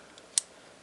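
After a first attempt misses the threads, the threaded hilt section of a custom Graflex 2.0 Star Wars FX lightsaber (The Force Awakens/ESB style, NBv3.0) catches its threads and is secured, and the clamp snaps shut on the hilt. A faint tick at 0.2 s is followed by a sharp, loud, bright snap at 0.4 s. The section is seated and will not come off.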